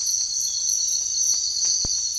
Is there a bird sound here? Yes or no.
no